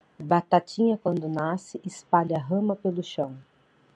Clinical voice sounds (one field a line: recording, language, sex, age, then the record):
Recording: short text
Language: Brazilian Portuguese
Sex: female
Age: 30 to 39 years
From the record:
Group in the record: control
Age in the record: 36 years